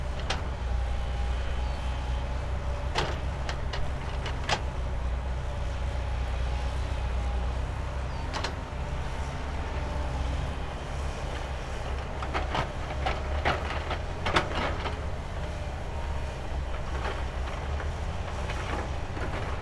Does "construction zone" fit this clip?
yes